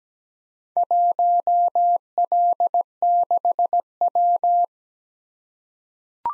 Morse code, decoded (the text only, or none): 1L6W